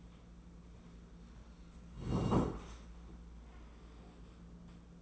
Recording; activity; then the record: daily activity, microphone in the room; sit down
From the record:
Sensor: 1